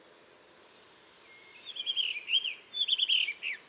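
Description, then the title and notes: Blue rock thrush song: two short fluty warbled phrases arriving after a quiet start, softer against a faint hiss of background noise. Sings to mark territory all morning, changing perches regularly; warm rocky cliff, Dentelles de Montmirail, 12 March 2020, 7:25 am; recorded with Nagra seven and Telinga pro7. "12 mars 2020-7h25-Dentelles de Montmirail - Des le lever du jour un Monticole bleu (Monticola solitarius) se signale en alarmant dans la falaise, ensuite il se met à chanter pour marquer son territoire."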